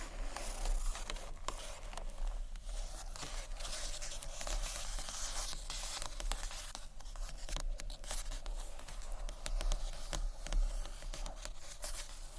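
Gentle scratchy tapping on books, a dense, continuous run of quick, bright scratches and light taps with no pauses. Sharper taps stand out every second or so, near 1, 2.5, 7 and 10.5 seconds, over a steady low hum.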